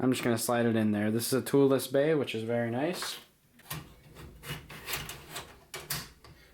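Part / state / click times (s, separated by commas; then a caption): hard drive into toolless case drive bay / seated / 5.7 s, 5.9 s. Someone talks, then a hard drive is slid into a toolless drive bay in the case with a series of rubbing and scraping sounds. The plastic retention pieces snap it into place with sharp clicks at 5.7 and 5.9 seconds, leaving the drive seated but not yet plugged in.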